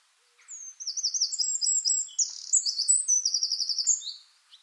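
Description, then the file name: Eurasian wren delivering an energetic song of high, rapid trills interspersed with sharp whistled notes, running about four seconds before stopping. "Troglodytes troglodytes"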